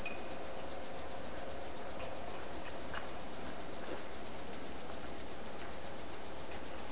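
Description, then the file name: Cricket giving rapid, even high chirps without pause. "ducks frogs crickets"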